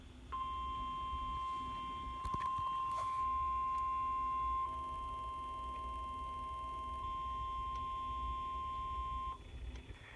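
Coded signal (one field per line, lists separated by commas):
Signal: Emergency Alert System (SAME) tones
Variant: 1050 Hz attention tone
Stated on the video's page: EAS Required Weekly Test received from NOAA weather radio on 162.475 MHz.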